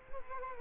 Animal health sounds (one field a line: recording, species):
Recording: mosquito wingbeat signal from an infrared sensor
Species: Culex quinquefasciatus